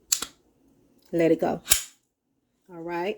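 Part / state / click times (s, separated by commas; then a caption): pistol slide locking back on the frame / seated / 0.1 s. The slide of an unloaded pistol with no magazine is pulled back by hand and locks open on the frame with a sharp metallic click at 0.1 s, followed by a fainter second tick at 0.2 s. Someone then talks.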